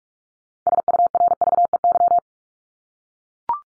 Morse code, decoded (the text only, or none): SURVEY